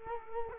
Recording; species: mosquito wingbeat signal from an infrared sensor; Culex quinquefasciatus